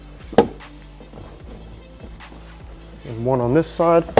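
Pressing on the center of a Mazda 3 rear spoiler snaps its middle retaining clip into the rear hatch with one sharp click at 0.4 s, and the clip is seated. Someone talks near the end of the clip.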